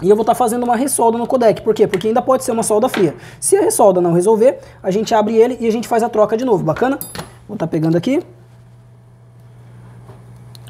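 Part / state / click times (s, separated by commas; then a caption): small screw in a smartphone housing / stripped / 10.6 s. Someone talks for about eight seconds, then the room goes quiet while a small screw in a Moto G7 smartphone housing is turned with a screwdriver to take the phone apart and reflow the codec, which may have a cold solder joint. A sharp click at 10.6 s marks the bit slipping in the screw head, and the screw is stripped.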